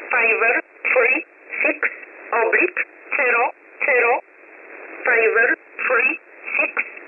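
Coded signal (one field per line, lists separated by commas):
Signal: numbers station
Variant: E11 Oblique, English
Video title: 16 03 2022 Number station E11 Oblique in English to Eu 0900 on 9968 Warsaw USB mode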